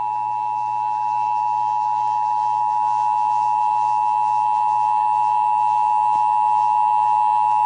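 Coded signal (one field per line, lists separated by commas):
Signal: Emergency Alert System (SAME) tones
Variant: 853 and 960 Hz attention tone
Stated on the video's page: Texas required monthly test as aired on several radio and TV stations.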